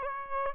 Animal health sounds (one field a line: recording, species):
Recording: mosquito wingbeat signal from an infrared sensor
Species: Aedes albopictus